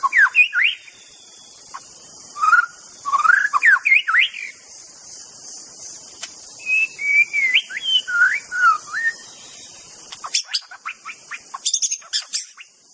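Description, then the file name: White-rumped Shama song of varied whistled phrases, twisting up and down in pitch, with bursts of sharp clicks and chips between phrases against a continuous high hiss. In forest. "suara muraibatu hutan. omkicau"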